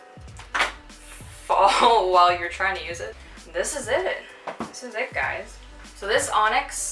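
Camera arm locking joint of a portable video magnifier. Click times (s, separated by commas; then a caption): 0.6 s. The camera arm locking joint of an Onyx Portable HD video magnifier (CCTV) locks back into place with a loud, sharp click at 0.6 s, showing the arm is engaged and will not droop or fall during use. Someone talks throughout.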